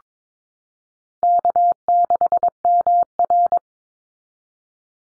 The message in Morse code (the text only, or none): K6MR